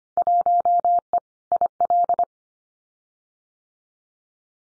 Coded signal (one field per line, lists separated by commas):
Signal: Morse code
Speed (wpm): 25 wpm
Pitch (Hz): 700 Hz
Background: none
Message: 1E IL